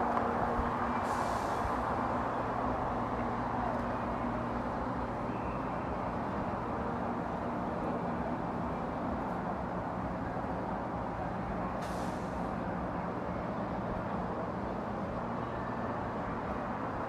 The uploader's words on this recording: Counterclockwise around the White House. A stereo field recording from June 4, 2017 in Washington D.C. Sitting in Lafayette Square, near the North Lawn of White House.